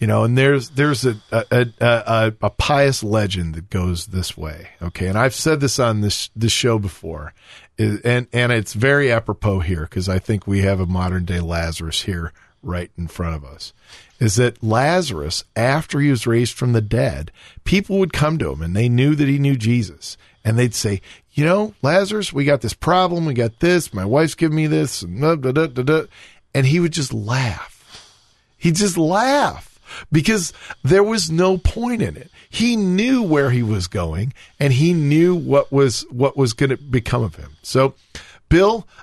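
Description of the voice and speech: One adult man speaks fluently in a relaxed, storytelling manner, with ordinary pauses and normal voice quality.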